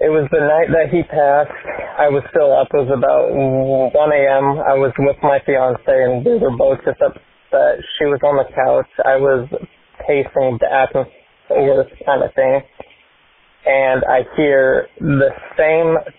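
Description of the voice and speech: Adult man speaking over a telephone line, with a speech impediment and stuttering.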